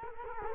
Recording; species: mosquito wingbeat signal from an infrared sensor; Culex quinquefasciatus